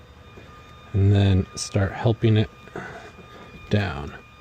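Someone talks while a replacement weatherstrip molding is lined up and eased down onto the door window sill of a first-generation 2001–2004 Toyota Tacoma double cab, over a faint steady hum. The molding's clips have not seated or clicked yet.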